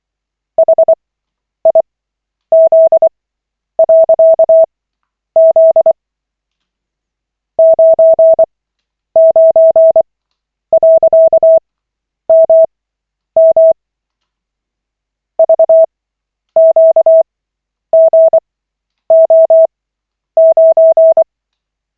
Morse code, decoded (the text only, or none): HIZ.Z 99.MM VQGO9